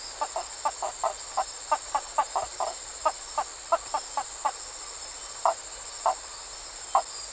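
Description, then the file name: Map tree frog calls: a quick series of short tapping notes that thins out to a few spaced ones, with a steady high hum throughout. "Hyla geographica"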